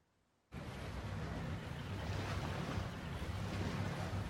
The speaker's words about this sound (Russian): На лодке плывет Арианна.